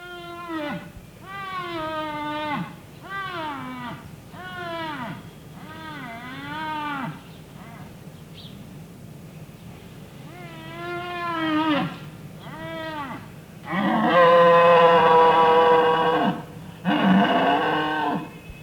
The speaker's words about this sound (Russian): Олень дал рева.